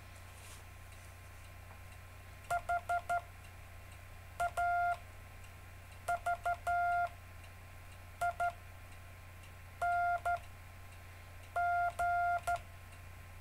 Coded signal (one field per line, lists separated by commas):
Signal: Morse code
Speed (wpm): 12 wpm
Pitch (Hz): 700 Hz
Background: none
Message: H A V I N G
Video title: David Casler Live Stream Morse Code 4, 17 Mar 2018, 1600-1630 UTC